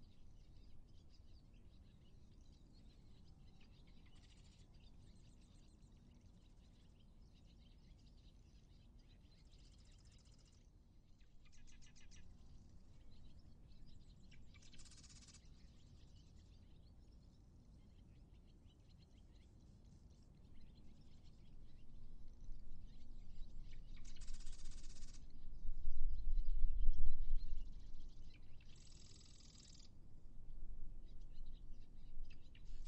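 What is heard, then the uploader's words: Interior least terns call in short, sharp bursts of high chirps, clustered near 15 seconds and again around 25 to 29 seconds. A low, steady rumble of wind or water runs underneath and swells louder in the last third of the clip. Interior Least Tern with Fish.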